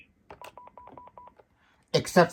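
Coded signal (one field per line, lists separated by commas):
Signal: none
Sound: cordless phone key beeps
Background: speech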